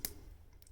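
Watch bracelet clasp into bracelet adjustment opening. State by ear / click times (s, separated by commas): seated / 0.0 s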